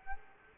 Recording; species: mosquito wingbeat signal from an infrared sensor; Aedes aegypti